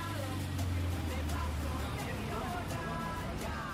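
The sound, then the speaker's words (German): Steady traffic on Gascón, a narrow, busy through street in Argentina: a continuous low engine rumble with vehicles droning past and a faint murmur of voices mixed into the street noise. “Besuch bei Diana zu Hause, 5 Minuten von der IMPA entfernt in Gascon 123, einer schmalen, verkehrsreichen Durchgangsstraße.”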